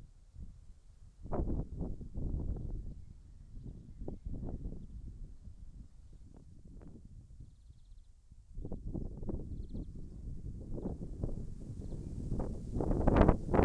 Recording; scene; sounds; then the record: everyday scene through a hearing-aid microphone; wind on the microphone; wind, traffic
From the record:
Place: in front of a rural house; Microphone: behind the ear, left, rear